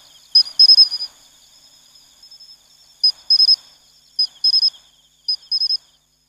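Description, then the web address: Matsumushi cricket song: a sharp single note followed by a quick ringing trill, the phrase repeated four times at irregular gaps above faint continuous insect buzzing. "sikioto insect matsumushi"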